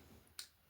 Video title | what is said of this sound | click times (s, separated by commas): Transformers ss86:thundercracker review! | And it clicks into place pretty well. | 0.4 s